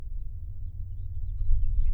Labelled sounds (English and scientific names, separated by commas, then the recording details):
House Finch (Haemorhous mexicanus) song
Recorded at Babylon on Long Island, New York, on 22 May 1975
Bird C